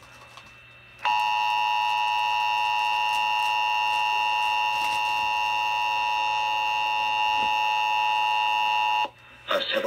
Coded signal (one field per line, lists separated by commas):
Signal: Emergency Alert System (SAME) tones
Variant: 853 and 960 Hz attention tone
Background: speech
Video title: Eas Test